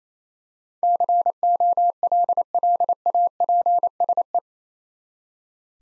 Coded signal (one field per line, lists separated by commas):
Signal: Morse code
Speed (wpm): 28 wpm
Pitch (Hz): 700 Hz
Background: none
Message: COLLAPSE